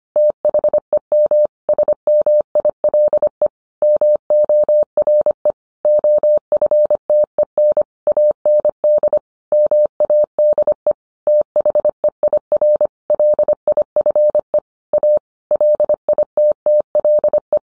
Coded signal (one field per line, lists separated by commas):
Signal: Morse code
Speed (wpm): 25 wpm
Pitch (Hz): 600 Hz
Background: none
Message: THEM SMILE MORE OFTEN AND MADE THEIR LIFE A LITTLE